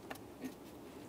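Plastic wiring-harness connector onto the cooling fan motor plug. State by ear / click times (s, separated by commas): not seated / none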